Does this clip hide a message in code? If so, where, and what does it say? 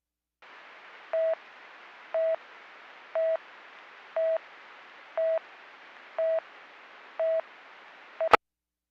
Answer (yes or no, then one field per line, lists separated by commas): no